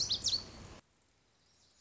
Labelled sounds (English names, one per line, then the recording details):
Lazuli Bunting
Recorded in Sonoma County, California